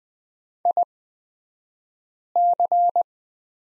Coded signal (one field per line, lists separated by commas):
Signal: Morse code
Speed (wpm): 20 wpm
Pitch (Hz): 700 Hz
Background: none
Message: IC